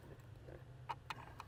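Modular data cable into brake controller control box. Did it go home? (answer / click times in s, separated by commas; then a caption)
no / none. An RJ45-style modular data cable is being plugged into the back of the control box of a Redarc Tow-Pro Liberty brake controller on a 2021 Jeep Wrangler Unlimited. There is a low steady hum with faint handling noise and a few short, sharp plastic-like ticks around 0.9 s, 1.1 s and 1.4 s. The cable has not clicked or seated yet.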